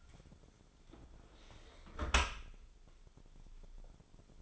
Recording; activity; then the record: daily activity, microphone in the room; close dishwasher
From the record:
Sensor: 5